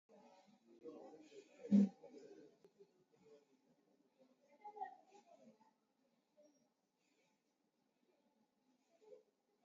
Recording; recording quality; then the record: shallow breathing; excellent, no background noise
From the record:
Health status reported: COVID-19 positive, no symptoms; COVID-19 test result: positive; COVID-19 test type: RT-PCR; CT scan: taken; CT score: 7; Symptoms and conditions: none ticked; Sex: male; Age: 50 years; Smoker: no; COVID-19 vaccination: none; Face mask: worn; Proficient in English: yes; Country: India